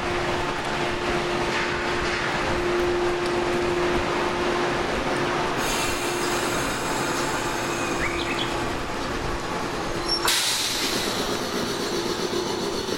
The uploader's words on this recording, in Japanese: JR九州 415系 日豊線 大分から幸崎まで。JR九州 415系電車の走行音です。日豊線の普通列車で録音しました。